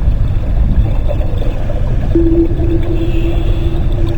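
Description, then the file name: Whale call heard as a level, sustained low note starting halfway through and lasting to the end, with dense rumbling noise underneath. "Whale Sounds - Underwater Freedom"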